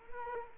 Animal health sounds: mosquito wingbeat signal from an infrared sensor; Culex quinquefasciatus

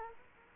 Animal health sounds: mosquito wingbeat signal from an infrared sensor; Culex quinquefasciatus

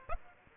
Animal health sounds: mosquito wingbeat signal from an infrared sensor; Aedes aegypti

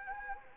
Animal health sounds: mosquito wingbeat signal from an infrared sensor; Anopheles gambiae

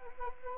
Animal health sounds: mosquito wingbeat signal from an infrared sensor; Anopheles arabiensis

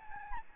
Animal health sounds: mosquito wingbeat signal from an infrared sensor; Aedes albopictus

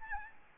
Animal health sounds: mosquito wingbeat signal from an infrared sensor; Aedes albopictus

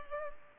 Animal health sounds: mosquito wingbeat signal from an infrared sensor; Culex pipiens

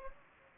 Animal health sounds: mosquito wingbeat signal from an infrared sensor; Anopheles gambiae

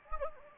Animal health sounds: mosquito wingbeat signal from an infrared sensor; Anopheles gambiae

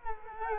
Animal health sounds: mosquito wingbeat signal from an infrared sensor; Culex quinquefasciatus

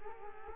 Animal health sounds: mosquito wingbeat signal from an infrared sensor; Culex quinquefasciatus

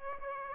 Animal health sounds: mosquito wingbeat signal from an infrared sensor; Aedes aegypti

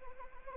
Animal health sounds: mosquito wingbeat signal from an infrared sensor; Anopheles arabiensis

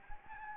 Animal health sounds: mosquito wingbeat signal from an infrared sensor; Anopheles gambiae

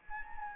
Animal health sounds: mosquito wingbeat signal from an infrared sensor; Anopheles arabiensis

